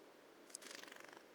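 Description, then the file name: Great tit giving a short, faint churring rattle of rapid, evenly spaced buzzy pulses lasting about half a second. "Parus major"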